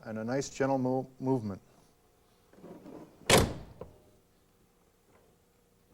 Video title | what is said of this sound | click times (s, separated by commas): Viper Owners Manual Update 1994 | I pick on the corners to make sure that both are latched. And this one didn't latch, so a little push, and | 3.8 s